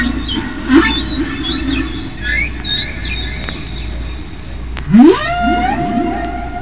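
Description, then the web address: Humpback whale song: upswept cries and descending tonal phrases, ending in a loud rising whoop that levels into a long held tone, over low hum. "Songs of the humpback whale"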